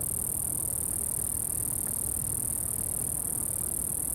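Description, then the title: Steady, very high cricket buzz continues without pause, mixed with constant windy rumble. Crickets recorded at Atins, Brazil, with wind in the background. "Atins, Brésil - Grillons - Crickets"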